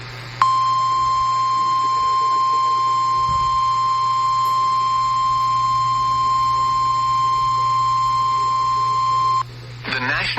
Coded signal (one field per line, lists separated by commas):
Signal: Emergency Alert System (SAME) tones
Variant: 1050 Hz attention tone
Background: speech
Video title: Eas Fwd svr on KEC56 Eas#1801